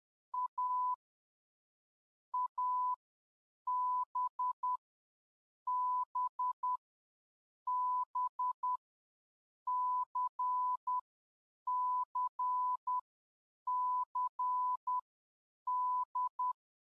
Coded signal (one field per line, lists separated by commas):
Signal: Morse code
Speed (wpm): 10 wpm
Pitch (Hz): 1000 Hz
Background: none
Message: A ABBBCCCD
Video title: Morse Code Do Be Hitting Different Doe